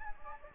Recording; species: mosquito wingbeat signal from an infrared sensor; Anopheles gambiae